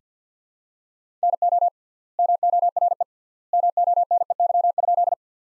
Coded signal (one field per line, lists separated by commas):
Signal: Morse code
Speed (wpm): 50 wpm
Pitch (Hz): 700 Hz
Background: none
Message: NO MORE MONEY?